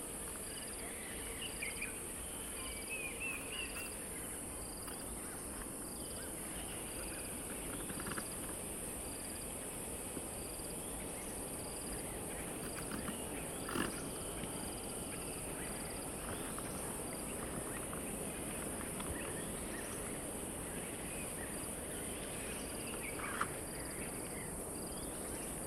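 Soundscape beside a dry stretch of the Limpopo River at the start of the rainy season. A constant high insect whine runs throughout over a low, steady rumble, with scattered bird calls and chirps, and brief louder clicks near 14 and 23 seconds.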